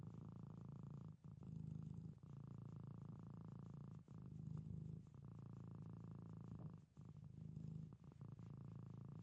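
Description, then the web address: Domestic cat giving a deep, even purr in long stretches, pausing briefly for breath every few seconds. Pet domestic cat purring. "SFXBible animals-domestic-cat-pet-purr"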